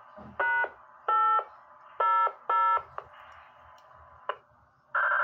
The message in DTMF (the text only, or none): #800